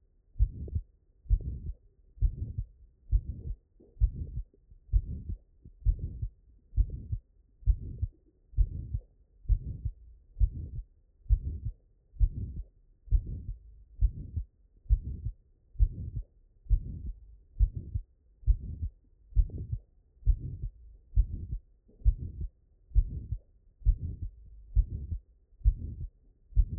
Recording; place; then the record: heart sounds by stethoscope; mitral valve (MV)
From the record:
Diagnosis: non-HFrEF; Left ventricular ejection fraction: 63%